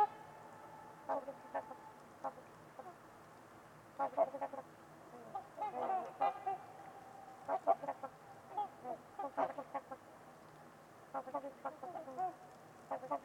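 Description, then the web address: Trumpeter swan calls, many short horn-like honks spread irregularly throughout, some in quick pairs, against a low steady background. Trumpeter swans at Winters Lake on a winter evening, in a deep, quiet valley with distant white noise. "Wind-is-the-Original-Radio-Fridays Nick-Mc Mahan Winters-Lake-with-Swan. Trumpeter Swans on a Winter's Eve"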